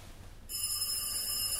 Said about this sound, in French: Il sonne de nouveau. Le téléphone à touche orange qu'elle a trouvé dans l'une des innombrables brocantes de notre quartier.